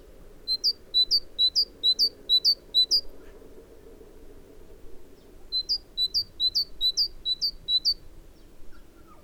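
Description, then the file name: Great tit repeating a clear two-note phrase, low note then higher note, in two long rhythmic series with a pause between. "Parus major"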